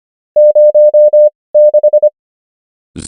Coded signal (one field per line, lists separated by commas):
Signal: Morse code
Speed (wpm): 25 wpm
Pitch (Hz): 600 Hz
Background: none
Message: 06